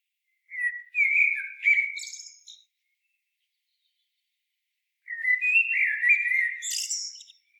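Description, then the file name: Common blackbird song, two warbled whistled phrases a few seconds apart, each finishing in a squeaky high twitter. "Turdus merula"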